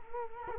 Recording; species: mosquito wingbeat signal from an infrared sensor; Culex quinquefasciatus